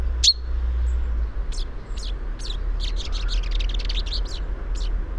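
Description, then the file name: Common chaffinch calls: one strong sharp note, then spaced chips building into a quick rattling cluster before slowing again, over a low steady hum. "Fringilla coelebs"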